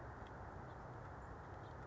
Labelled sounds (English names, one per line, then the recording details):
House Finch
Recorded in Sonoma County, California